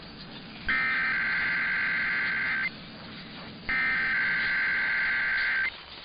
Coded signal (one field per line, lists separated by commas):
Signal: Emergency Alert System (SAME) tones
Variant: header bursts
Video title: [EAS #2395-#2399] Sunday & Monday RWTs